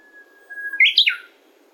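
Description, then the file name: Japanese bush warbler song: a long steady whistle held on one pitch, then a quick loud flourish of rising and falling notes, once. "uguisu"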